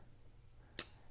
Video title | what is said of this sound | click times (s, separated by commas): Vintage Powr Kraft #2 | you can hear a um snap there but it's not the best | 0.8 s